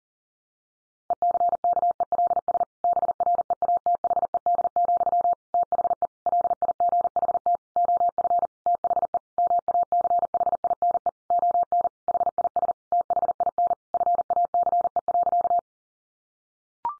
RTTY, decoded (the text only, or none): none